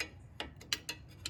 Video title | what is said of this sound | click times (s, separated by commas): Audi RS5 Front Brake Pad Change (Part 1)(B9.5/9) | Nice and tight in there, and you could hear that click, so you know it's in there and it's not going anywhere. | 0.7 s